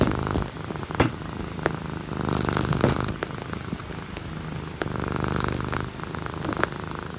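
Low, fluttering rumble rising and falling with each breath: a domestic cat snoring while asleep.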